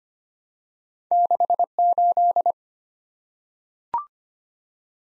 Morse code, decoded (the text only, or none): 68